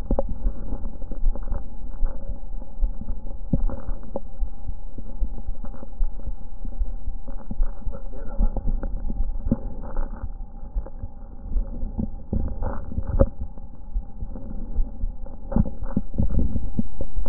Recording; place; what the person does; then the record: lung sounds by stethoscope; left posterior apical chest; quiet breathing, then cough and speech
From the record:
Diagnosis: pulmonary infection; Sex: female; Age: 74 years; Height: 160 cm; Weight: 66 kg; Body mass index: 25.8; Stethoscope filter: diaphragm mode